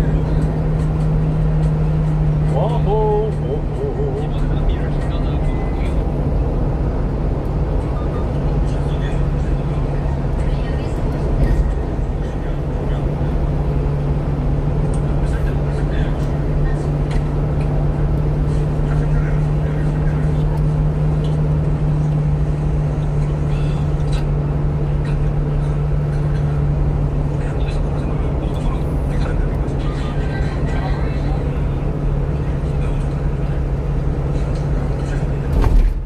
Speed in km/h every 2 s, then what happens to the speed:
80, 75, 71, 71, 71, 71, 72, 73, 75, 76, 76, 74, 74, 72, 71, 71, 71, 71.
0-4 slows to 71. 4-36 steady at about 71.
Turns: none.